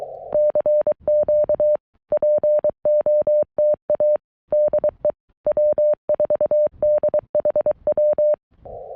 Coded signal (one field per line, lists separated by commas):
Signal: Morse code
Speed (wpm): 22 wpm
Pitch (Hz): 590 Hz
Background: none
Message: CQ POTA DE W4DHW